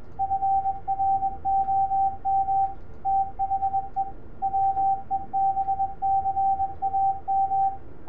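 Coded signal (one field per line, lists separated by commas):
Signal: Morse code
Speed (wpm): 22 wpm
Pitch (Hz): 780 Hz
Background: none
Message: FROM THE WEBCAM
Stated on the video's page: Tone from a software sine oscillator generator played through two external speakers and a resonant array of 2-inch PVC pipes.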